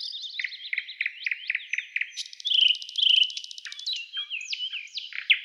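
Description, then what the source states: Nightingale singing a varied phrase of repeated slurred notes, followed by a fast metallic rattle and swooping whistled notes. Song type described as a trill.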